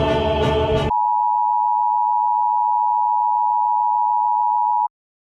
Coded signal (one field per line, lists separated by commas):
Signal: Emergency Alert System (SAME) tones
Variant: 853 and 960 Hz attention tone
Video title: South African EAS Alert FAKE/MOCK